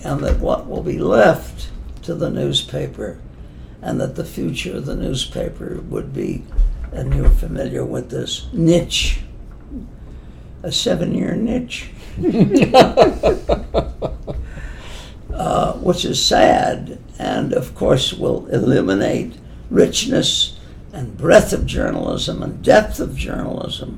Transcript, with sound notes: And that what will be left to the newspaper and that the future of the newspaper would be—and you’re familiar with this—niche, a seven year niche, [laughter] which is sad, and of course will eliminate richness and breadth of journalism and depth of journalism